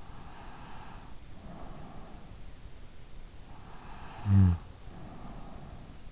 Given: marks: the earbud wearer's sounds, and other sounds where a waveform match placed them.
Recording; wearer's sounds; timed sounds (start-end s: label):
sounds in sleep by an in-ear microphone; breath, snoring breath
0.02-2.31 s: breath
3.57-5.91 s: snoring breath